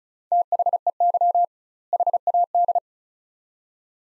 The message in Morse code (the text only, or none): THEY HAD